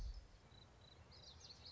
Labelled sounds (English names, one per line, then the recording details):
Common Yellowthroat
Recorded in Sonoma County, California